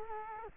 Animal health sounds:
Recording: mosquito wingbeat signal from an infrared sensor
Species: Culex quinquefasciatus

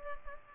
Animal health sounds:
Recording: mosquito wingbeat signal from an infrared sensor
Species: Culex pipiens

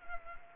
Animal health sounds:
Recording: mosquito wingbeat signal from an infrared sensor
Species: Culex pipiens

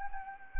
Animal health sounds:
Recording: mosquito wingbeat signal from an infrared sensor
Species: Anopheles arabiensis

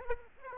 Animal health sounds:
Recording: mosquito wingbeat signal from an infrared sensor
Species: Aedes aegypti

